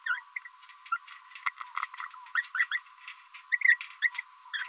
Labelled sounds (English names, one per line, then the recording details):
Green-rumped Parrotlet babbling
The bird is a female
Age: 27 days
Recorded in a nest box in Venezuela
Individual 17B42B3